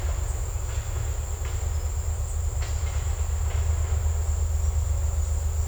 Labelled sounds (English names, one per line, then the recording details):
none
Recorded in secondary vegetation near Puerto Asís, Putumayo, Colombia, on 20 December 2024 at 16:30
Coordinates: 0.468, -76.324
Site G095